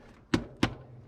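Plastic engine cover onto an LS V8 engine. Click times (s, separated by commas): 0.3 s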